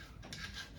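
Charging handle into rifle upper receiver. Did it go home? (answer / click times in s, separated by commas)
no / none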